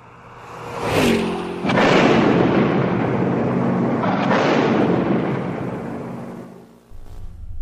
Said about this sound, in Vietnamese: Mìn nổ tung cả chiếc xe ô tô lên trời.